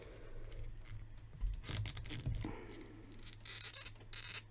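Someone pushes the plastic leg of a McFarlane Batman of Earth-11 The Drowned action figure back into the figure's hip joint, with soft handling and rubbing sounds. The leg pops back into the hip with a sharp click at 4.1 s and is seated.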